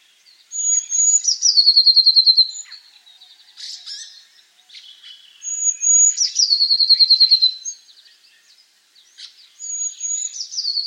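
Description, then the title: Eurasian blue tit repeating its song three times: a high, thin introductory whistle followed by a quick, descending run of rapid trilled notes, with brief soft twitters between phrases. "Gelatikbt. Eurasian Blue Tit (Cyanistes caeruleus)"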